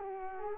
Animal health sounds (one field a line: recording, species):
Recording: mosquito wingbeat signal from an infrared sensor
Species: Culex quinquefasciatus